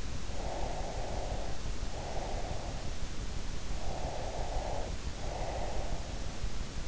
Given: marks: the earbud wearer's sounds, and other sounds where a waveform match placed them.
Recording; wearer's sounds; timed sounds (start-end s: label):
sounds in sleep by an in-ear microphone; breath
0.25-2.83 s: breath
3.98-6.41 s: breath